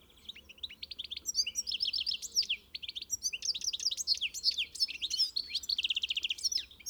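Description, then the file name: European goldfinch song, a fast tinkling stream of twittering, liquid notes and short buzzy trills, continuous and lively, with a low steady hum underneath. "Carduelis carduelis"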